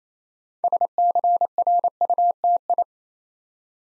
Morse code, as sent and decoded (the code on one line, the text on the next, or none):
... -.-. .-. ..- - ..
SCRUTI